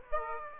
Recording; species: mosquito wingbeat signal from an infrared sensor; Aedes aegypti